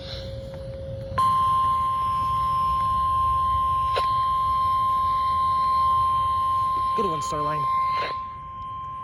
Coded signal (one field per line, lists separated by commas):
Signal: Emergency Alert System (SAME) tones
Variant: 1050 Hz attention tone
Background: speech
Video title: EAS 465 and 466 - SVR AND SMW